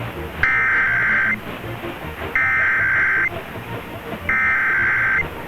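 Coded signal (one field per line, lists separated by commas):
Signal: Emergency Alert System (SAME) tones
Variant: header bursts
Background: speech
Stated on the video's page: Kentucky required monthly test relayed on WHAS.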